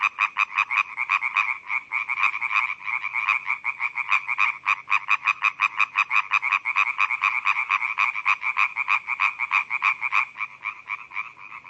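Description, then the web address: European tree frog croaking: a dense, unbroken train of sharp rasping knocks. "Laubfrosch"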